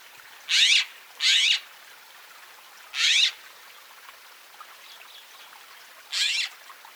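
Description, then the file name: Woodhouse's scrub jay giving harsh, raspy calls: two quick notes, a third after a pause, then a final one near the end, each short and scratchy. "Woodhouses Scrub Jay - Aphelocoma woodhouseii"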